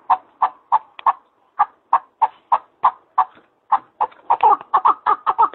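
Partridge call series, evenly spaced hoarse chucks roughly three a second, speeding up and doubling into a fast chattering run near the end.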